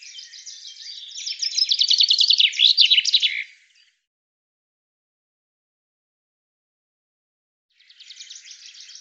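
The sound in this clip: Common chaffinch song: a rapid high trill of repeated notes that grows louder and ends in a flourish, then quiet, then a faint second song begins.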